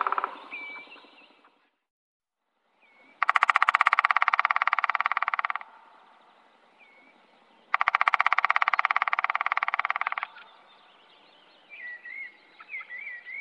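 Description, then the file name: Black woodpecker drumming in two long, rapid, even rolls of about two and a half seconds each, with thin whistled bird notes before, between and after. "Spillkraka"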